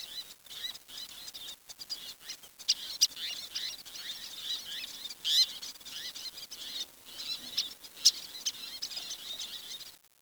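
Bird giving short high chirps and twitters throughout over a steady hiss, with a few louder notes standing out.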